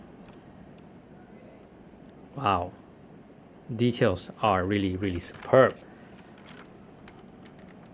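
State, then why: Not seated. A pop-up headlamp pod on an AUTOart 1/18 diecast Porsche 928 is being handled as it is pushed back down toward its retracted position in the front body. Someone talks from about 2.4 to 5.7 s, followed by quiet handling with a few faint, brief ticks near the end. Nothing has seated or clicked into place yet.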